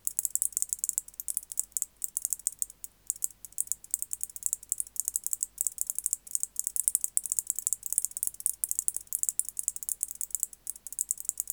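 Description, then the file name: White-faced bush-cricket song: a continuous, very high, scratchy ratcheting rattle of fast ticks, with a few brief breaks. "Decticus albifrons"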